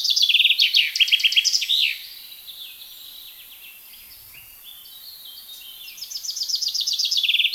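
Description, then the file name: Common chaffinch singing: the end of one loud strophe, a few seconds of soft background twittering, then the next strophe begins. "Fringilla coelebs"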